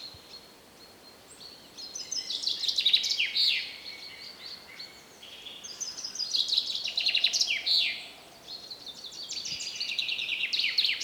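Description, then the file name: Common chaffinch singing two bright, rattling phrases that tumble downward in pitch and end in a flourish, separated by a short pause, then a third phrase begins, over steady background hiss. "Fringilla coelebs"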